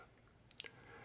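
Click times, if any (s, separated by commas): 0.5 s, 0.6 s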